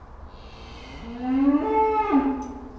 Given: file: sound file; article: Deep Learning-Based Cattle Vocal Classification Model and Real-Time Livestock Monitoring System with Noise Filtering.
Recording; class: cattle; food anticipating call